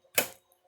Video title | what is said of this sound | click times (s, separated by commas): Part 3 of step by step rebuilding of the T-3 Google appliance (OEM Dell 720DX system) | But as you push in your power supply, you want that click. | 0.2 s